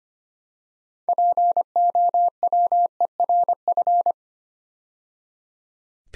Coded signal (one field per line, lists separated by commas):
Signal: Morse code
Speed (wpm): 25 wpm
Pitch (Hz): 700 Hz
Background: none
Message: POWERF